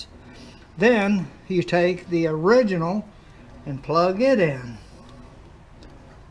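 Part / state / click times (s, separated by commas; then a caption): original headlight harness plug into kit connector / not seated / none. Someone talks while the original plastic headlight harness plug is being plugged into the connector of a 2017 Canadian headlight conversion kit. A faint tick comes at about 5.8 s, but nothing has seated or clicked yet when the clip ends.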